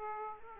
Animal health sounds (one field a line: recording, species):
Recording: mosquito wingbeat signal from an infrared sensor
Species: Aedes aegypti